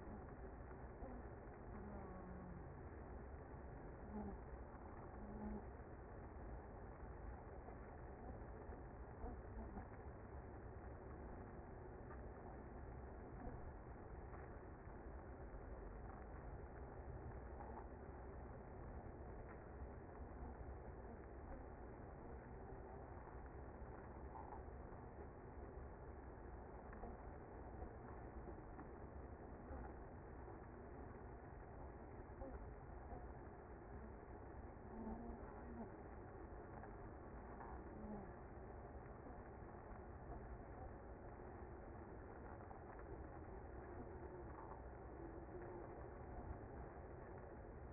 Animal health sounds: honeybee colony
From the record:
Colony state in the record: active

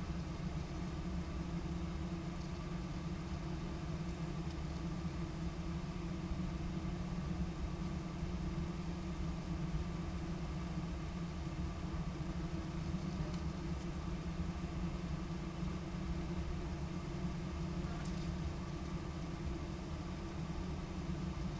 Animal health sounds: honeybee colony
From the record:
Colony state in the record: active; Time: day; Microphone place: bottom box

